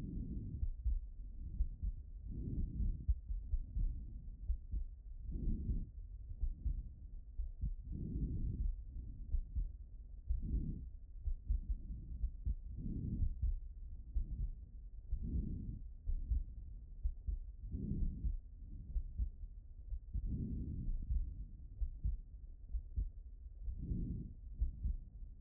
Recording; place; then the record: heart sounds by stethoscope; pulmonary valve (PV)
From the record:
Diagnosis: non-HFrEF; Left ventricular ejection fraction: 56%